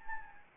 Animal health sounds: mosquito wingbeat signal from an infrared sensor; Anopheles gambiae

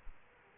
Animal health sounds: mosquito wingbeat signal from an infrared sensor; Aedes aegypti

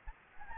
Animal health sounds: mosquito wingbeat signal from an infrared sensor; Anopheles gambiae

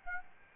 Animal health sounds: mosquito wingbeat signal from an infrared sensor; Aedes albopictus

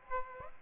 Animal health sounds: mosquito wingbeat signal from an infrared sensor; Aedes aegypti

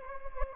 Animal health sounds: mosquito wingbeat signal from an infrared sensor; Anopheles gambiae

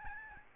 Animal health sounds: mosquito wingbeat signal from an infrared sensor; Aedes albopictus

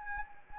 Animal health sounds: mosquito wingbeat signal from an infrared sensor; Anopheles arabiensis

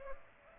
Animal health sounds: mosquito wingbeat signal from an infrared sensor; Aedes aegypti

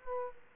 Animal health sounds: mosquito wingbeat signal from an infrared sensor; Aedes aegypti

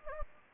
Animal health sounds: mosquito wingbeat signal from an infrared sensor; Anopheles gambiae

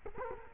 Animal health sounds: mosquito wingbeat signal from an infrared sensor; Culex quinquefasciatus

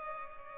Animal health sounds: mosquito wingbeat signal from an infrared sensor; Culex pipiens

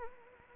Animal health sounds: mosquito wingbeat signal from an infrared sensor; Anopheles arabiensis

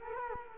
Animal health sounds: mosquito wingbeat signal from an infrared sensor; Culex quinquefasciatus

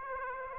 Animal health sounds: mosquito wingbeat signal from an infrared sensor; Aedes aegypti

